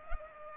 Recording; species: mosquito wingbeat signal from an infrared sensor; Culex pipiens